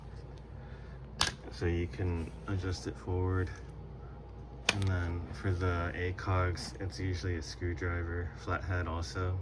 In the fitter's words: just tension adjust until you hear the click